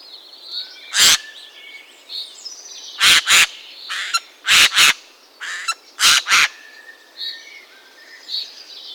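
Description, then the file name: Eurasian jay giving harsh, rasping screeches, mostly in quick doubled pairs spread across nine seconds, while other small birds whistle and twitter softly in the background. "geai Des Chenes"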